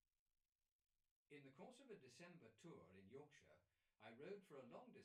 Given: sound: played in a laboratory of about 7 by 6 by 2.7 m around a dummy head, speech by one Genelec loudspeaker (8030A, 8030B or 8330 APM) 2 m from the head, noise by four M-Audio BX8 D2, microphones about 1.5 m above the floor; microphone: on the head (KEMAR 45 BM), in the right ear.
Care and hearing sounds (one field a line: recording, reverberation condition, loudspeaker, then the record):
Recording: male speech in English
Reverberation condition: low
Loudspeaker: 120 degrees to the left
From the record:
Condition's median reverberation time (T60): about 310 ms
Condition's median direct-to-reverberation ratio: about 3.5 dB